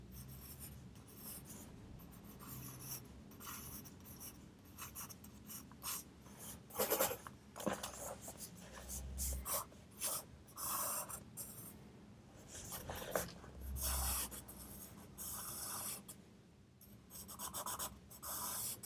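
A pencil scratches across paper while someone studies, writing in short bursts of rough, bright scraping that stop and start every second or so. A steady hiss runs underneath throughout, with occasional low thumps and a sharper tap near seven seconds.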